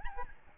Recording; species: mosquito wingbeat signal from an infrared sensor; Aedes albopictus